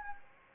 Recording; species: mosquito wingbeat signal from an infrared sensor; Anopheles gambiae